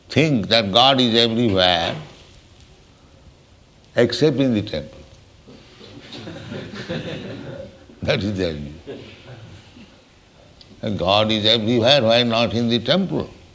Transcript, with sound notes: think that God is everywhere---except in the temple. [laughter] That is their view. And God is everywhere; why not in the temple?